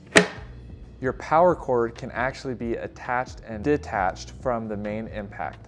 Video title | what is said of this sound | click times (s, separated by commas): Beginner's Guide: NutriMill Impact Grain Mill | going to line those up and then give it a good push until you hear a click. | 0.2 s